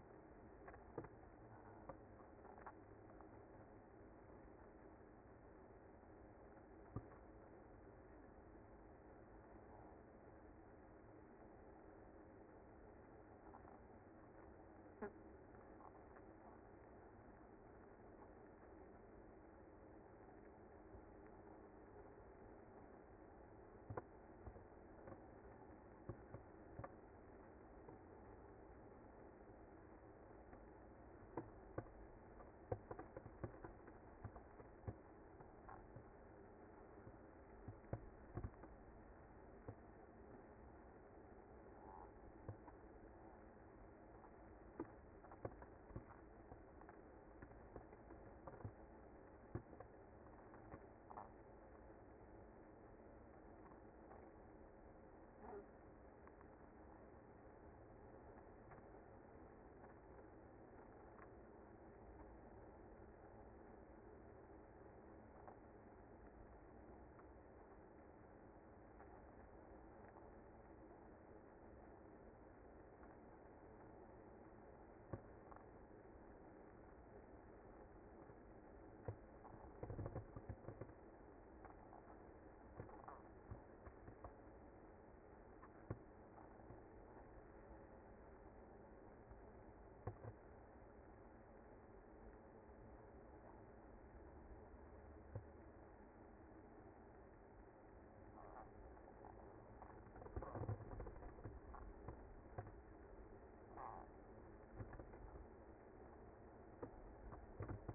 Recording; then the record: honeybee colony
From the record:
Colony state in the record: active